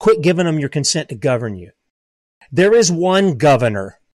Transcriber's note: none